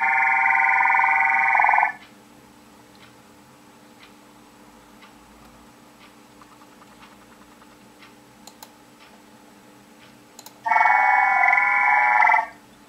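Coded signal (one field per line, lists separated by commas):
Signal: digital SSTV (DRM)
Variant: WinDRM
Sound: two two-second bursts of many steady warbling tones, separated by quiet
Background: faint clicks, low hum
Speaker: tadydle na začátku je 500 HZ a tady je 2 300 HZ takže ukázka ještě [Hudba] jednou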